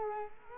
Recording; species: mosquito wingbeat signal from an infrared sensor; Culex quinquefasciatus